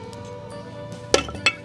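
A new heavy-duty rubber support mount is worked down over the rebuilt torque tube of an Opel Manta A, a tight fit against freshly painted metal. Over a steady tonal hum, a sharp pop at 1.2 s marks the mount seating into place, followed by a second knock at 1.5 s. The mount is seated.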